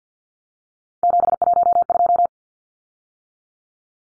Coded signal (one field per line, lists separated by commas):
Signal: Morse code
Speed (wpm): 50 wpm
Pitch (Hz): 700 Hz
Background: none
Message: 712